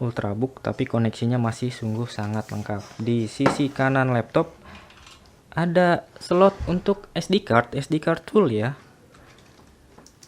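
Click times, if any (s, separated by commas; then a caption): 10.1 s. A full-size SD card is pushed into the spring-latched card slot on the right side of a Lenovo ThinkPad T470s ultrabook. Someone talks for most of the clip, then in the quiet at the end a few short sharp clicks are heard. The card seats with a click at 10.1 s.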